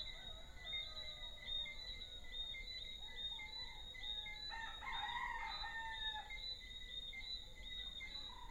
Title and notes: Early evening soundscape with small frogs and roosters. Deshaies, Guadeloupe on September 19, 2019. Recorded by Azadeh Nilchiani.